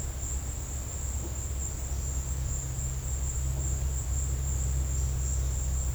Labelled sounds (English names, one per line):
none